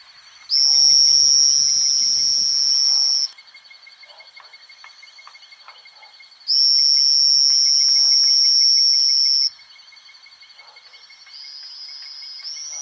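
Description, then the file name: Two-colored oval frog producing two long, shrill, level buzzes of about three seconds each, separated by a pause, with a quieter buzz near the end and a continuous insect background. Chajarí, Argentina; recorded 01/01/2013 at 20:17 h. "Elachistochleisbicolor Las 14 Chajari"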